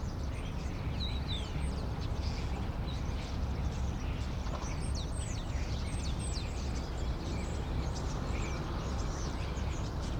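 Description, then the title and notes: Common starling calls of rapid clicks and high squeaky whistles throughout, above continuous low traffic noise. Several starlings perched on a crane in an inner courtyard of a city block, Rue Tasson-Snel 9, Saint-Gilles, Belgium; recorded with a Sony PCM-M10. "Rue Tasson-Snel 9, 1060 Saint-Gilles, Belgique - Étourneaux - Starlings. Étourneaux sur une grue, intérieur dîlot. Starlings on a crane, Inner courtyard. Sony PCM-M10"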